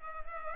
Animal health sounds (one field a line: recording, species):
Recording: mosquito wingbeat signal from an infrared sensor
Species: Culex pipiens